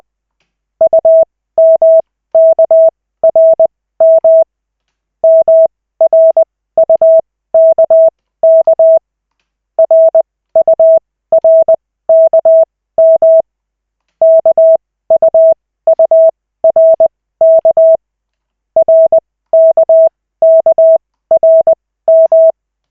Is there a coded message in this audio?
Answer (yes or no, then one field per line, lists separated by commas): yes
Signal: Morse code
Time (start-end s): 0.8-22.5 s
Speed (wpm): 20 wpm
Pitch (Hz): 650 Hz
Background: none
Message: UMKRM MRUKK RURKM KUURK RKKRM